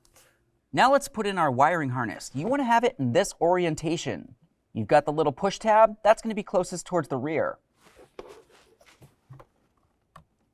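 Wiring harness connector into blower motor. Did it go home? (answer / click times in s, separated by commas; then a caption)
no / none. Someone talks while lining up the wiring harness connector of a 2004–2006 Scion xB, push tab toward the rear, at the blower motor's plastic socket. After the talking, a few faint handling taps and rustles are heard from about 8.2 s to 10.2 s. The connector has not yet been pressed in and nothing has clicked or seated.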